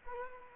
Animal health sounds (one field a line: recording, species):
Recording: mosquito wingbeat signal from an infrared sensor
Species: Anopheles arabiensis